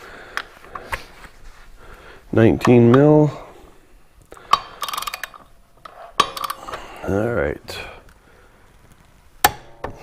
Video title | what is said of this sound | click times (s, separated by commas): CVTech Primary Clutch Upgrade Outlander XMR 850 install | there's the click, 75 foot-pounds. | 9.4 s